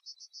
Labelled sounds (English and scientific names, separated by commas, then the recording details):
Yellowhammer (Emberiza citrinella) song
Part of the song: start
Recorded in the Czech Republic on 17 May 2013
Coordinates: 49.295, 17.999
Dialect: BlBh
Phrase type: C61
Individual 295547